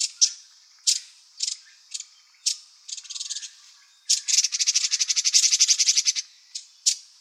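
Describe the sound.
Bird calling with scattered sharp ticking notes, then a loud, fast harsh rattle lasting about two seconds, followed by a few more ticks.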